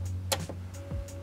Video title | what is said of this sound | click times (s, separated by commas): Mitsubishi Lancer LED Lights Installation (2000-2007) - Precision LED | when the lens cover goes back on, you just wanna hear the two click sounds | 0.3 s